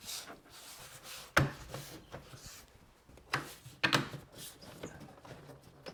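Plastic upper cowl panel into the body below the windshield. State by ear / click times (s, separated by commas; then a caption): seated / 1.4 s, 3.8 s. A plastic upper cowl panel on a 2006-2007 Mercury Monterey is pressed down onto the body below the windshield after the washer fluid hoses are routed, with some rubbing and handling noise around it. It snaps into place with two sharp, loud snaps at 1.4 s and 3.9 s, and the panel is seated.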